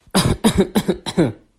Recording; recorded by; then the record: voluntary cough; messaging app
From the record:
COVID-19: negative